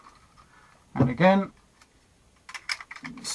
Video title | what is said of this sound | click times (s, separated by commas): Transformers JETFIRE Review part 2 VF-1S ARMOURED VALKYRIE GBP-1S | over this one push it on so it clicks into position and that gives him some new arms like that | 2.7 s